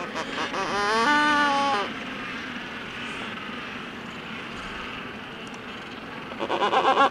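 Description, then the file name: Black-browed albatross courtship calls: a short, loud burst of harmonic braying notes, then a low colony hubbub, with a rapid pulsing call starting near the end. Courtship display (parade). "Albatros sourcils noirs - parade"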